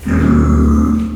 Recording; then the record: squeal of a Yucatan mini pig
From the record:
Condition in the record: after surgery on the right vocal fold (resection and tissue-engineered implant); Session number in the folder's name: 11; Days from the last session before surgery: 98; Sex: female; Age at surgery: 19 weeks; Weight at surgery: 25 kg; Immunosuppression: prednisolone